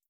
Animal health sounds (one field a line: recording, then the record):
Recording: hydrophone in a shrimp aquaculture tank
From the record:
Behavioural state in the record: feeding